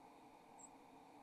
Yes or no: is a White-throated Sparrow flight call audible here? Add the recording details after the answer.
no. Another species' flight call is heard. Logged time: 03:44 on 28 November 2014